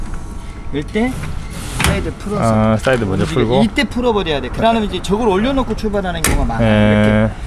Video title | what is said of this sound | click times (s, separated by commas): NX5 출고영상 / 새 폴딩트레일러 좋구나! / 신화트레일러 본사 공장 방문 수령 | 풀면 이제 찰칵 소리가 날 거예요. 이때 | 0.1 s